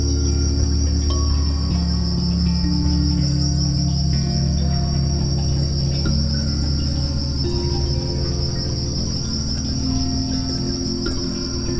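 High, unbroken pulsing cricket trill throughout, set against calm layered musical tones that change pitch every few seconds.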